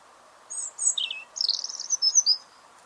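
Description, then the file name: European robin song: a brief phrase of thin, high whistles and tinkling notes, with one lower downslurred trill, then a jumbled, rapid twittering run, over a faint steady hum. "Erithacus rubecula"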